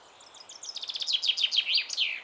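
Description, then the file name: Common chaffinch song: a quick run of high notes speeding up and dropping in pitch, ending in a short flourish. "Fringilla coelebs"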